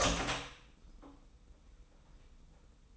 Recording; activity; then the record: daily activity, microphone in the room; open door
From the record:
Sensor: 1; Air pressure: 990.4 hPa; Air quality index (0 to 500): 154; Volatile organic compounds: 1000 ppm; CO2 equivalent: 5576 ppm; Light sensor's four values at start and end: 33/76/33/35 and 33/75/32/35